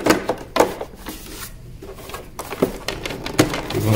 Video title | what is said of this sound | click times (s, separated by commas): 🔵como limpar ps5 sem desmontar blindagem tutorial simples #Ederson #Ferrarini | e tá travado E assim a gente finaliza o vídeo aí o game todo montadinho Pessoal | 2.9 s, 3.4 s